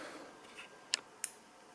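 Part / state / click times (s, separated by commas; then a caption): crimped terminal into plastic connector housing / seated / 0.9 s, 1.2 s. A crimped terminal, its locking tab lifted, is pushed back into a plastic connector housing during charging-system repair on an RZ350. Two short, sharp clicks ring out at 0.9 s and 1.2 s over a quiet background. The terminal snaps home and is seated.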